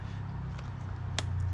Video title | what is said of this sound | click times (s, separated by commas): BMW 318 IS : Retour dans le GAME ! (épisode 1) | Clac, ça s'emboîte tout. | 1.2 s